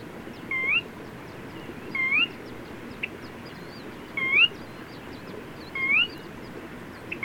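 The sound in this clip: Bird: short rising whistles from a bird, repeated at uneven intervals near one and a half seconds, with a few faint clicks and high chirps over steady background noise.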